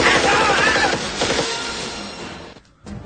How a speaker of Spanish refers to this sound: Bueno, aquí, como veis, lo que prima son disparos.